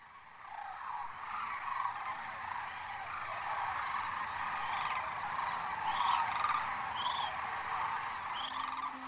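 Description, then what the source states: Sandhill Cranes, a dense chorus of rolling, trumpeting calls from many birds blending into a continuous din, with a few higher notes standing out. Large flock gathering on the Platte River, Kearney County, Nebraska, at dusk during migration; nearly 700,000 cranes land there every year.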